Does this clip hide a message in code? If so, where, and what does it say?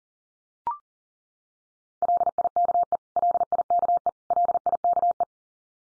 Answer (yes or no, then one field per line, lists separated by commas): yes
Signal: Morse code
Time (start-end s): 2.0-5.2 s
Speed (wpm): 40 wpm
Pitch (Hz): 700 Hz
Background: none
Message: LIKE LIKE LIKE